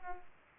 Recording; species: mosquito wingbeat signal from an infrared sensor; Culex pipiens